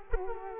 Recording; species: mosquito wingbeat signal from an infrared sensor; Culex quinquefasciatus